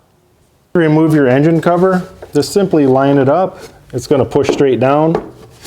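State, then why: Not seated. A plastic engine cover on a Chevy Equinox or Pontiac Torrent is lined up over its ball-stud engine mounts, ready to be pushed straight down. After a brief quiet start, someone talks throughout. Nothing has seated or clicked yet.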